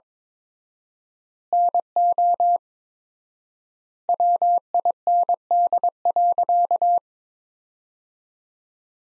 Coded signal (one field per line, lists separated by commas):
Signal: Morse code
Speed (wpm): 22 wpm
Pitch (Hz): 700 Hz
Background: none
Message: NO WIND.